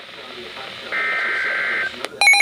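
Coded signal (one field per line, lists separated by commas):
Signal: Emergency Alert System (SAME) tones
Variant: header bursts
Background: speech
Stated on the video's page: Severe Thunderstorm Warning received on NOAA weather radio station.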